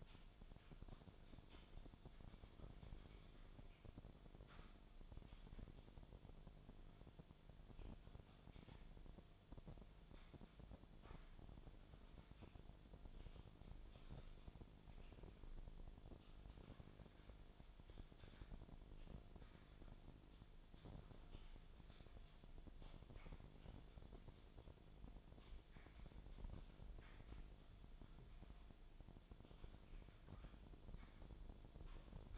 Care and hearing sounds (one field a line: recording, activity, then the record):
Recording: daily activity, microphone in the room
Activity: typing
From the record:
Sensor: 5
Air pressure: 1009.6 hPa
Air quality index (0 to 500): 168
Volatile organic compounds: 4 ppm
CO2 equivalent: 1629 ppm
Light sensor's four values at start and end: 100/265/108/114 and 102/271/110/118